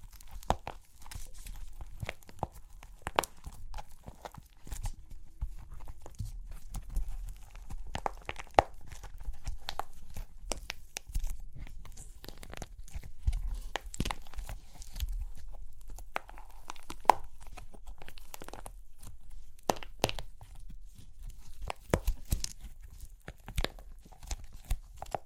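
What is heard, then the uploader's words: Dry clay cracks and crunches in dense, irregular snaps throughout, with sharp bright crackles over a low rumbling rustle and frequent louder breaks. Super Crunchy Clay Cracking (No Talking).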